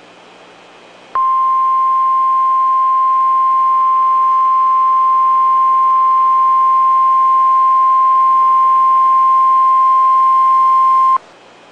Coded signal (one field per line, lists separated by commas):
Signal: Emergency Alert System (SAME) tones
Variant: 1050 Hz attention tone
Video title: "METROPLEX MAYHEM" - An EAS Scenario